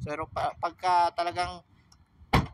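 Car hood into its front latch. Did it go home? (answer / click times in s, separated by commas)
yes / 2.3 s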